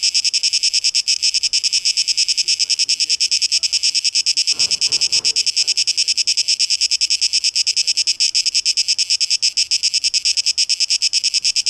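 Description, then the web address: Cicadas keep up a loud, rapid pulsing buzz; around the middle a short lower rustling burst sounds beneath them. Cicadas, 12 August 2023, tape echo mix. "rauschpartikel 2023-08-12 Zikaden"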